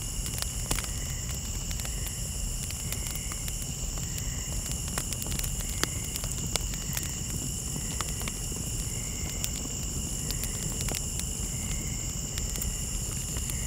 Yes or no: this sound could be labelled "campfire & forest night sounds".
yes